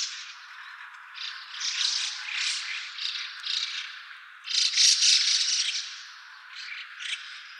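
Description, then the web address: White-cheeked starling making scratchy, rattling squawks in irregular bursts, with the loudest burst around five seconds, followed by shorter rasps. Recorded on 26 January 2014. "birdenaga mukudori"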